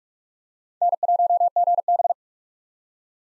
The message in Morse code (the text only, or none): N1GB